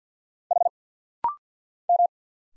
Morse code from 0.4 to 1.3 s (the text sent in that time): H